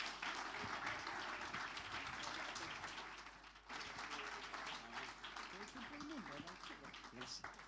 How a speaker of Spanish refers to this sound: con ese fuerte aplauso de alabanza al Señor.